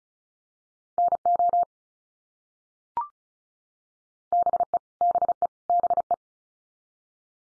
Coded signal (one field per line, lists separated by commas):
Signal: Morse code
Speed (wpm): 34 wpm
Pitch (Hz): 700 Hz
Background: none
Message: NO BE BE BE